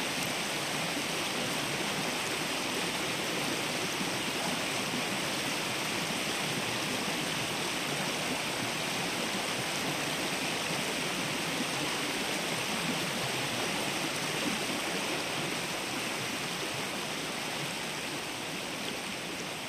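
A small brook runs steadily, its water rushing and splashing in a dense, unbroken hiss that fills the sound from low to bright. The flow stays even for the whole stretch, with no pauses or separate events, only a constant churning texture.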